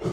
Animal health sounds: pig call; growing-finishing pig (85 days or more)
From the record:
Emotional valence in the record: positive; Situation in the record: run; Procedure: transit

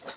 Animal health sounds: pig call; piglet (1 to 25 days)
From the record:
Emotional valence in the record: negative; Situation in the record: missed nursing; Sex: male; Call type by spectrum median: low-frequency call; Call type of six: low-frequency stable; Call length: 0.17 s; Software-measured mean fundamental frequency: 66 Hz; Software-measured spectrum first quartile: 864 Hz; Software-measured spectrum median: 2216 Hz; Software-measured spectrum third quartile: 4996 Hz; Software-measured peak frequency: 531 Hz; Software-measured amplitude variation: 178 dB a second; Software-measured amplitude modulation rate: 9.0 a second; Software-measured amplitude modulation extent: 19.8 dB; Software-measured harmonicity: -0.3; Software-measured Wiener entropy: -1.38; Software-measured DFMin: 636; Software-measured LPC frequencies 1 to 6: 625, 1396, 2876, 3789, 5208, 6442 Hz

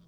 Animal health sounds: pig call; piglet (1 to 25 days)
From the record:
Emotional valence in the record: positive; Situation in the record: reunion after long isolation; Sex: male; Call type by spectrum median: low-frequency call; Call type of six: low-frequency stable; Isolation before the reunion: 8 minutes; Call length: 0.08 s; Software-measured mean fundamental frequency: 34 Hz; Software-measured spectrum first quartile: 151 Hz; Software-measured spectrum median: 246 Hz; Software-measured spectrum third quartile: 1743 Hz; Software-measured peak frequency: 158 Hz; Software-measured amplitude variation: 49 dB a second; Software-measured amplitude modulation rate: 12.5 a second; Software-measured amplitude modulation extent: 3.9 dB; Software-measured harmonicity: 9.1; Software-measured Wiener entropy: -2.77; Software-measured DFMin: 792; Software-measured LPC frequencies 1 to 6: 1214, 3335, 4691, 6921, 8746, 9933 Hz

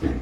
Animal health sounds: pig call; growing-finishing pig (85 days or more)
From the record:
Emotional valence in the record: negative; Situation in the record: barren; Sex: female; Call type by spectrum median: low-frequency call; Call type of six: low-frequency stable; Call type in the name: low-frequency stable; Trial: 4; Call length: 0.22 s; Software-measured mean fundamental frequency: 51 Hz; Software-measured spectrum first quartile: 95 Hz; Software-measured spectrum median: 243 Hz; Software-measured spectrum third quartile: 385 Hz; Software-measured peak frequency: 294 Hz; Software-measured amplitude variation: 156 dB a second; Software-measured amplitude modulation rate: 15.9 a second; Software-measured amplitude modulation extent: 9.8 dB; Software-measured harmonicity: 0.2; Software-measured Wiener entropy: -0.59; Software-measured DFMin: 952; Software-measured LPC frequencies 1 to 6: 334, 1802, 3214, 3805, 4839, 5628 Hz

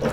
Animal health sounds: pig call; piglet (1 to 25 days)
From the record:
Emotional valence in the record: positive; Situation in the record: reunion after long isolation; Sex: female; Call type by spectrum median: low-frequency call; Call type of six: low-frequency tonal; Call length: 0.14 s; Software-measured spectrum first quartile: 262 Hz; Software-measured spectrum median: 495 Hz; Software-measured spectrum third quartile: 907 Hz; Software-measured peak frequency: 497 Hz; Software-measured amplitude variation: 86 dB a second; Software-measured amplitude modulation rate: 3.6 a second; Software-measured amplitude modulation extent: 23.5 dB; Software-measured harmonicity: -0.2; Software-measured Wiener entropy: -0.84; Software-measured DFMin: 725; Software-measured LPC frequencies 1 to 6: 504, 1327, 3923, 5543, 6842, 7538 Hz

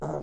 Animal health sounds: pig call; piglet (1 to 25 days)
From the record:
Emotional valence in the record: negative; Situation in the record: long isolation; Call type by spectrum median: low-frequency call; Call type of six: low-frequency stable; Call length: 0.23 s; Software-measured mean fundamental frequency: 70 Hz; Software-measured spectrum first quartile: 236 Hz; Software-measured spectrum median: 458 Hz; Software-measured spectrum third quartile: 690 Hz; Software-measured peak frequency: 607 Hz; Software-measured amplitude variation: 85 dB a second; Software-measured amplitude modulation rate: 17.1 a second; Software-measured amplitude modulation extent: 5.0 dB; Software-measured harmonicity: 1.5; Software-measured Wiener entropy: -0.38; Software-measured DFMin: 1097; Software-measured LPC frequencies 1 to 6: 560, 1294, 3274, 3945, 4945, 5798 Hz

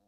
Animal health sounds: pig call; piglet (1 to 25 days)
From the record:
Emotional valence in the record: positive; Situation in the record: short reunion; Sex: male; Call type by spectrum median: low-frequency call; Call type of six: low-frequency tonal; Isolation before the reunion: 3 minutes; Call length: 0.08 s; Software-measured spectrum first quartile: 386 Hz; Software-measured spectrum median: 827 Hz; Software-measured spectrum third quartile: 9534 Hz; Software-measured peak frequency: 206 Hz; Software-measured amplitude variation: 26 dB a second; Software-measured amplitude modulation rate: 12.1 a second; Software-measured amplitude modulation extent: 2.1 dB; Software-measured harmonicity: 2.3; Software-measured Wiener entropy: -3.63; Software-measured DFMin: 1036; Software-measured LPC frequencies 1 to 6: 659, 2903, 3918, 5473, 6392, 7549 Hz

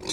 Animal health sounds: pig call; weaner (32 to 43 days)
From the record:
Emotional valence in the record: negative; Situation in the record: novel object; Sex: female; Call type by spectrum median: high-frequency call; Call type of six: high-frequency stable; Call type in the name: high-frequency stable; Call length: 0.12 s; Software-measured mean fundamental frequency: 185 Hz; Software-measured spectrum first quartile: 574 Hz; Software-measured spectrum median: 3327 Hz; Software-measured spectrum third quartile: 4989 Hz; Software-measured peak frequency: 374 Hz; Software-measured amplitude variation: 169 dB a second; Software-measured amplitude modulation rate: 16.4 a second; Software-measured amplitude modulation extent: 10.3 dB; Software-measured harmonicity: 0.7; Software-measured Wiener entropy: -2.47

